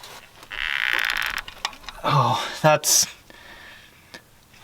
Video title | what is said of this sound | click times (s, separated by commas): Building A Car For Shasta Speedway??? | Yep, we just stripped that. | 1.1 s